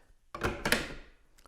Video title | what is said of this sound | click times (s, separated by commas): ClipperCreek HCS-40P EV Charger Complete Review | almost any way we take the connector and put it in the hole it very easily latches | 0.7 s